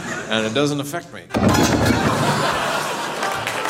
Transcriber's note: soundbite of falling